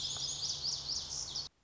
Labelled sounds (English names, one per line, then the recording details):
Lazuli Bunting
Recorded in Sonoma County, California